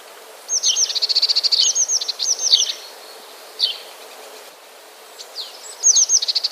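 Eurasian blue tit song: a fast, high, even trill of repeated notes lasting about two seconds, a few single high notes, then another trill begins near the end.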